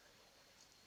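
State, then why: Not seated. A metal handcuff's swinging arm is handled as it is pushed toward its ratchet lock. Only a steady, even hiss is heard, with no sharp transients. Nothing has seated or clicked yet.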